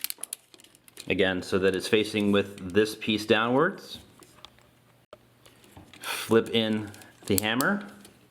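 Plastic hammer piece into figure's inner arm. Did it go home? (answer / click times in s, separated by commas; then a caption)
no / none. Someone talks while handling an MP-36 Masterpiece Megatron transforming pistol figure, flipping its plastic hammer piece toward the inner arm, with small sharp plastic taps and clicks in the quiet gaps. Nothing has seated or clicked into place yet.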